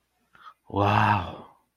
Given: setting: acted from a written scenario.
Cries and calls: vocal sound without words; interest

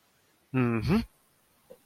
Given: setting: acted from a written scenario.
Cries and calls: vocal sound without words; elation

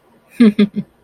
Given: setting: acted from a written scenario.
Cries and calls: vocal sound without words; amusement

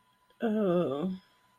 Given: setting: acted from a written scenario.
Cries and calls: vocal sound without words; ecstasy

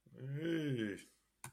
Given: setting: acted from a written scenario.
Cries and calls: vocal sound without words; embarrassment

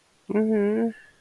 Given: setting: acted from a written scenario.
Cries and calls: vocal sound without words; embarrassment

